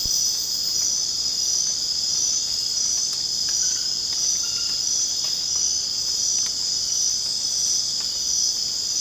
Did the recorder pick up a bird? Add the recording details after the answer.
no. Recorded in secondary vegetation near Puerto Asís, Putumayo, Colombia, on 27 June 2025 at 21:30. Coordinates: 0.484, -76.319. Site G074